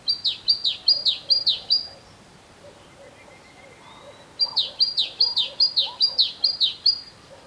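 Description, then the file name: Great tit calling: two bursts of rapid, evenly repeated high two-part notes, each sliding downward, separated by a quiet pause of about two seconds. "Parus major"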